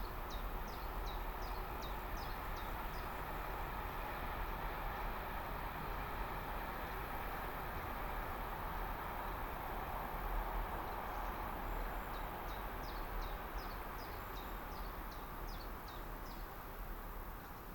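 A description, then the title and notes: A train passes, its sound a steady, dense rushing like wind, while bird calls chirp in short high bursts near the start and again after twelve seconds. Summer meadow woodland edge. How banks of soft summer air move spatially across the treetops. How trains, passing distantly through the forest, make sound like silver wind. We travelled into Hertfordshire (by train and on foot of course) to take this sound photograph from as near as possible to the Clinton Baker Pinetum one lunchtime last week.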